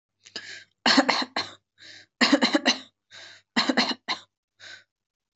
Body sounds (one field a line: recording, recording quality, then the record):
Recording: shallow voluntary cough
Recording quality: excellent, no background noise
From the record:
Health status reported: recovered from COVID-19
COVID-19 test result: positive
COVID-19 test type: RT-PCR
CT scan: not taken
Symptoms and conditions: cough, fever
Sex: female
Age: 25 years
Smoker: no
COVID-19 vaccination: both doses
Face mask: worn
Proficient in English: yes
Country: India